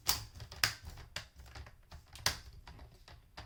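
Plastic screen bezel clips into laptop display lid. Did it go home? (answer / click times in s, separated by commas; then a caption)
no / none. A plastic screen bezel on a Dell Inspiron 3585 laptop display lid is pressed around its edge during reassembly after a screen swap. Sharp, short taps and snaps are heard across the clip, the strongest near 0.1, 0.6, 1.2 and 2.3 seconds. Nothing has seated or clicked home yet.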